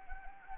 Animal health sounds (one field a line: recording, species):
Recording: mosquito wingbeat signal from an infrared sensor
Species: Anopheles arabiensis